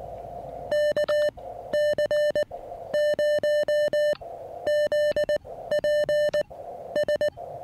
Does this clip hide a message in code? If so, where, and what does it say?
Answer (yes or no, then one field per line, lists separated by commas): yes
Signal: Morse code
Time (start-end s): 0.7-7.3 s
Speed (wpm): 19 wpm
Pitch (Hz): 1800 Hz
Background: music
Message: KC0ZPS